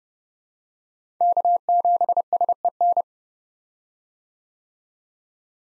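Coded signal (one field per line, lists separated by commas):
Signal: Morse code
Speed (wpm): 31 wpm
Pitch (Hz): 700 Hz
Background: none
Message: K7SEN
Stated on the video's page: Head-copy drill at 30 wpm of common POTA hunter call signs, each sent in Morse, spoken, then sent again.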